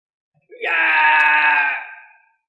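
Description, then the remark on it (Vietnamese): A single sustained, anguished scream from a man, rising sharply and holding a strained, harmonic-rich cry for over a second before trailing off. No other talk or sounds accompany it. “Gã kêu thảm thiết, làm cho một vị cao thủ hoàng đạo hét thảm như vậy, có thể nghĩ mà biết gã phải chịu đựng thống khổ tới mức nào.”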